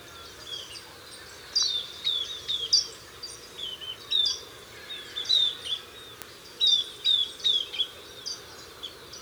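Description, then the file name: Southern beardless tyrannulet calling, a run of high, thin whistled notes, each sliding downward, given in short bursts of two or three with brief pauses, over a faint steady hiss. "Camptostoma obsoletum - Southern Beardless Tyrannulet"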